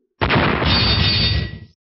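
A loud burst of repeated metal collisions as an iron hammer swings wildly, a dense, harsh run of clangs and grinding with a bright metallic ring, lasting about a second and a half before cutting off. No one speaks.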